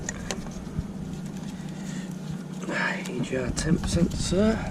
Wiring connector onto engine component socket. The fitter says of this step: until we click.